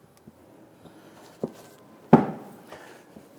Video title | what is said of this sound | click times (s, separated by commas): How to Replace Fuel Pump Module Assembly 2013-2013 Kia Soul | hear it pop into place. There | 2.1 s